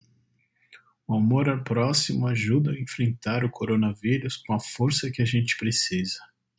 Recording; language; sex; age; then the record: spoken sentence; Brazilian Portuguese; male; 40 to 49 years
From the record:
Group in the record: control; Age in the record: 42 years